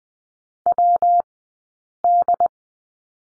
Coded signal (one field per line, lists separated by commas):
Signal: Morse code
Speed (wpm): 20 wpm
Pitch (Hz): 700 Hz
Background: none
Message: WD